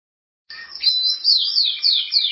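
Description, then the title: Canary song: after a short silence, a run of quick descending sweeps repeated in rolling phrases, high and bright throughout. "Kenari"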